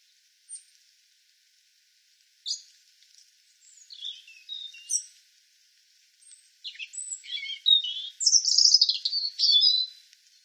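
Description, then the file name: European robin song, a series of high, thin notes building into fast tumbling warbles and trills, growing louder and denser toward the end, with short gaps between. "Erithacus rubecula"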